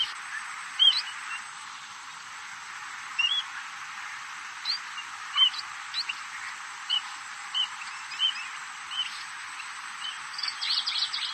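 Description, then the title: Red-throated parrotfinch giving short, sharp chirped calls at irregular intervals, several throughout, over a steady hiss. "Erythrura Psittacea"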